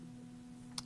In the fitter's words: um and that I've put this D back in place and it's it sort of clicked into place do you get that